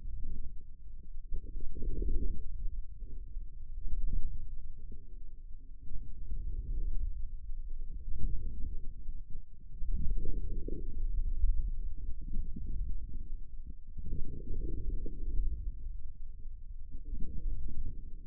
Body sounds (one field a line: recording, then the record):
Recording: forearm muscle sounds (acoustic myography)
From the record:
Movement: inward rotation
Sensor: system 2, bracelet of six BSWA MPA416 microphones around the upper forearm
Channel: 2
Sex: male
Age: 22 years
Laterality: right